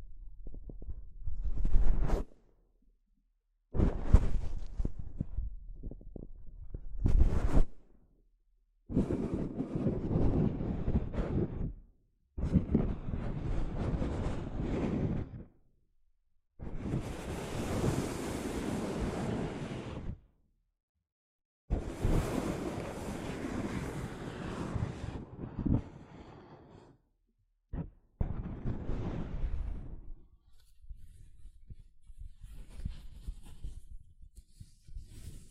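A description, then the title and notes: Soft fabric brushes against a microphone in separate rough, rushing strokes. There are about nine of them, each lasting one to four seconds, with short silent gaps between. The longest, bright and hissy, comes near the middle, and the final stretch is quieter and patchier. ASMR Mic Brushing using Soft Fabric (No Talking).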